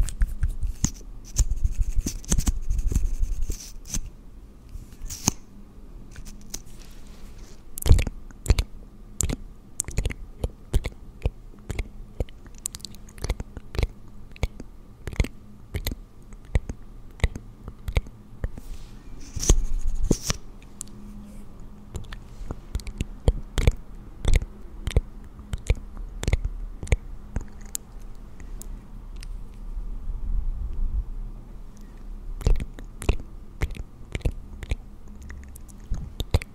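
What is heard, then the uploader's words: Makeup being applied to a face, heard in first person: a steady run of sharp little clicks, taps and soft squishy brushes scattered across the whole stretch, some in quick clusters. Low muffled thumps swell underneath at times, over a faint constant hum. ASMR First person Makeup On Your Face(No Talking).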